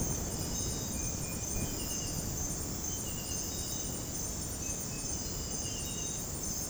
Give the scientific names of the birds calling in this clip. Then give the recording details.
none. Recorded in dense forest near Puerto Asís, Putumayo, Colombia, on 21 February 2024 at 03:30. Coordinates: 0.486, -76.316. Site G6437